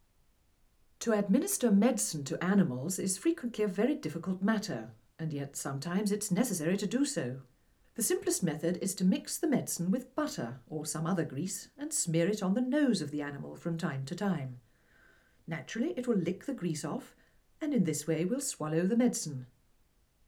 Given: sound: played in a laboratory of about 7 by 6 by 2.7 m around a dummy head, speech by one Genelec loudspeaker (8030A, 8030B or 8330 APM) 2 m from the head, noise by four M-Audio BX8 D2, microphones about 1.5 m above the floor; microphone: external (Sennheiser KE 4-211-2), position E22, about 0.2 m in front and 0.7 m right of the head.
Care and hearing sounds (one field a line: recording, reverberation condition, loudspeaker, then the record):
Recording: female speech in English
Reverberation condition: low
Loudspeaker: 60 degrees to the right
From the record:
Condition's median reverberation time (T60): about 310 ms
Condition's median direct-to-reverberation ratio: about 3.5 dB